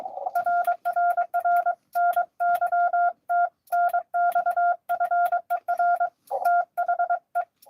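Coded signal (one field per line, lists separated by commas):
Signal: Morse code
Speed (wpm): 23 wpm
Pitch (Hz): 1400 Hz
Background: none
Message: RRR NY TNX FER THE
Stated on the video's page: Live Parks on the Air CW activation at a state park.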